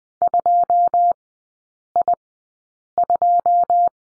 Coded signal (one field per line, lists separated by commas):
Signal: Morse code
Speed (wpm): 20 wpm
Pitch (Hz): 700 Hz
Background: none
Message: 2I2